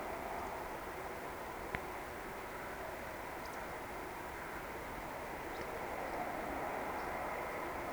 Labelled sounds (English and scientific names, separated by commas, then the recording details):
Eurasian Woodcock (Scolopax rusticola) whistle
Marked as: whistle, whistle, whistle
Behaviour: display flight
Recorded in Baden-Württemberg, Germany, on 17 June 2020 at 20:24 UTC
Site 14569, 102 m above sea level